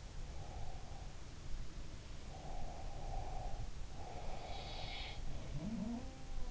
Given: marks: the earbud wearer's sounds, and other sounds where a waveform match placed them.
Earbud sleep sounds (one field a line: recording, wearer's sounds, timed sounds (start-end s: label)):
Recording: sounds in sleep by an in-ear microphone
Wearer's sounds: breath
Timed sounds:
0.20-1.31 s: breath
2.34-5.33 s: breath
4.42-6.51 s: sound from someone else or the room